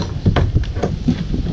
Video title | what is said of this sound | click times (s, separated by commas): Old Town Topwater PDL 106 review - Bogan Reviews | And locks into place. There we go. | 0.4 s